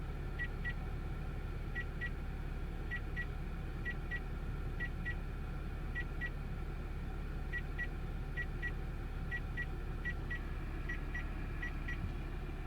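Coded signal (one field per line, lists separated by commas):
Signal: none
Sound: car's warning beeps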